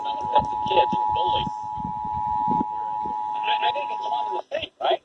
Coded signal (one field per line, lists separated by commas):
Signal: Emergency Alert System (SAME) tones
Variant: 853 and 960 Hz attention tone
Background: speech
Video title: EAS/NOAA Weather Radio Alert: #30-34 - Required Monthly Test for Ohio.